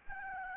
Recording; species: mosquito wingbeat signal from an infrared sensor; Aedes albopictus